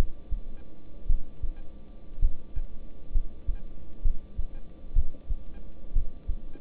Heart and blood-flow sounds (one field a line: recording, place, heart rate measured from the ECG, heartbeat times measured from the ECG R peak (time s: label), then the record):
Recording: heart sounds by stethoscope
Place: between the tricuspid and mitral areas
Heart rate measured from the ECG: 62 bpm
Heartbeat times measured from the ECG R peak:
1.07 s: heartbeat
2.20 s: heartbeat
3.12 s: heartbeat
4.02 s: heartbeat
4.94 s: heartbeat
5.93 s: heartbeat
From the record:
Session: rest, lying down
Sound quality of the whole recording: good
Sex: male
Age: 26 years